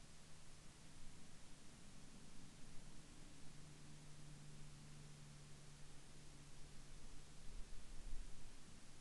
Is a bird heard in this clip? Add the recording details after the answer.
no. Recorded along the Dempster Highway, Canada, on 26 October 2020 at 18:40. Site 16